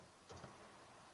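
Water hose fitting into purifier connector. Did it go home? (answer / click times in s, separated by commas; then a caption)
no / none. While installing a hydrogen water purifier, an installer handles a water line fitting that had been dripping, reconnecting the hose to the purifier's connector. A brief, soft scuffing burst around 0.3–0.45 s rises over a steady background hiss. Nothing has seated or clicked yet.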